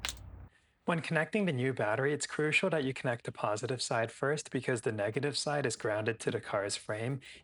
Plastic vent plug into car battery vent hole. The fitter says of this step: This plug just pushes right in until it clicks.